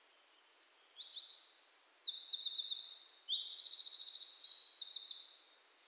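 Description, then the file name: Eurasian wren singing one long, very high, energetic phrase of piercing notes and machine-gun trills for roughly five seconds. "Troglodytes troglodytes"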